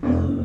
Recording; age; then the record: pig call; growing-finishing pig (85 days or more)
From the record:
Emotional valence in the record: negative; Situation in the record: barren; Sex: male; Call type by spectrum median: low-frequency call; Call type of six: low-frequency modulated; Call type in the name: low-frequency modulated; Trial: 2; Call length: 0.45 s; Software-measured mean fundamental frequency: 47 Hz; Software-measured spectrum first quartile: 112 Hz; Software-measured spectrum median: 222 Hz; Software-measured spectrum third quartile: 321 Hz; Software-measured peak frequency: 255 Hz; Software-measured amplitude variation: 151 dB a second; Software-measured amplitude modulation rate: 29.1 a second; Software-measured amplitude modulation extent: 5.2 dB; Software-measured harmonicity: 1.9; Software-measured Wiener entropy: -1.05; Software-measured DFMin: 695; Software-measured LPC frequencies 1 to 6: 294, 3621, 4883, 6389, 7316, 8072 Hz